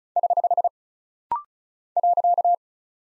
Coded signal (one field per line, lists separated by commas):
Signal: Morse code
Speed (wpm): 36 wpm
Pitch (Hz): 700 Hz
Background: none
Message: <HH> .